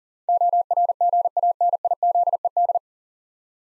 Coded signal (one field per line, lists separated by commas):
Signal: Morse code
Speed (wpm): 44 wpm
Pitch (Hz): 700 Hz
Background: none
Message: ORGANIZED